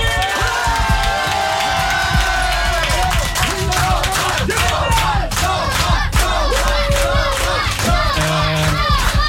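A loud crowd applauds steadily, with dense rapid clapping throughout, mixed with cheering and excited shouts rising and falling over the noise.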